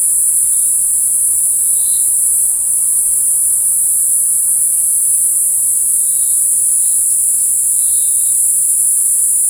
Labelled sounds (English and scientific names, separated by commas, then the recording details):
none
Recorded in forest near Pivijay, Magdalena, Colombia, on 14 April 2023 at 15:30
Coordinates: 10.467, -74.380
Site Z5-G034